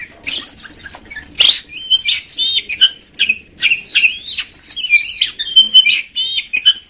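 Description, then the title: Magpie-robin pouring out a fast medley of high whistles, trills and rasping notes, opening with two harsh bursts. "Kacer"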